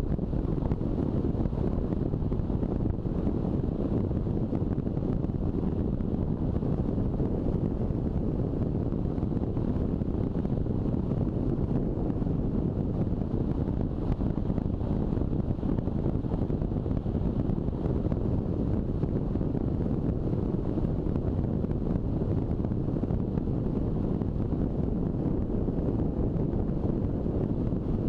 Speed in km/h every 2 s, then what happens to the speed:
41, 41, 40, 39, 39, 39, 38, 39, 38, 39, 39, 39, 38, 37.
0-28 steady at about 39.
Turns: none.